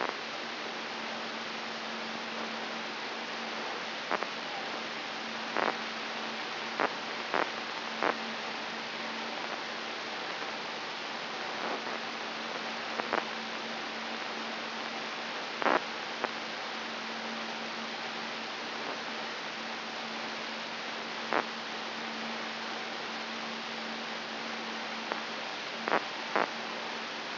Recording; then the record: brain microelectrode recording played as sound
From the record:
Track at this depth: inside the subthalamic nucleus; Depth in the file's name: 5.137 mm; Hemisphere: right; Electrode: 3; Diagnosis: Parkinson's disease